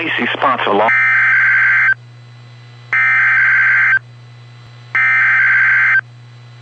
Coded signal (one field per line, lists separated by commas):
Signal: Emergency Alert System (SAME) tones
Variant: header bursts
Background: speech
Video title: Snow Squall Warning for NW CT, SW MA, and Eastern NY EAS